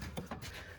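After a fluid flush on a BMW ZF6HP transmission, the transmission cooler line's quick-release coupling is pushed back into the transmission cooler fitting. A sharp snap is heard at 0.2 s, with a softer knock following at about 0.3 s over low background noise. The coupling is seated.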